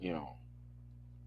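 A man briefly talks while handling the screw cap on a bottle of drinking water, a cap that recloses with two clicks, over a steady low hum. The clip ends before the cap is closed, and nothing has clicked or seated yet.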